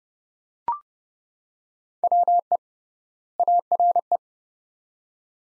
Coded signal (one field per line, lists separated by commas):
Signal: Morse code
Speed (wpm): 30 wpm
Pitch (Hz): 700 Hz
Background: none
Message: WE ARE